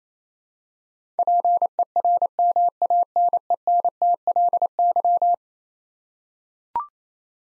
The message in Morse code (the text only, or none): PERMANENTLY